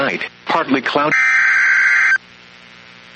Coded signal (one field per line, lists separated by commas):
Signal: Emergency Alert System (SAME) tones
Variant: header bursts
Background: speech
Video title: 2026 IS SLIGHT RISK RIGHT??? EAS Alerts From 3/4/26 (EAS#5,192 - 5,216)